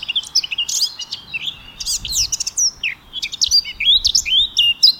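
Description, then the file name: Eurasian blackcap song, a rapid, varied warble of high twittering notes and clear whistled slurs, with sharp rising and falling phrases continuing throughout. "Sylvia atricapilla"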